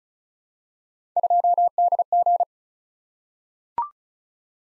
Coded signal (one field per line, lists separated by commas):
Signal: Morse code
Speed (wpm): 35 wpm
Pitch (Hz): 700 Hz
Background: none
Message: 2DG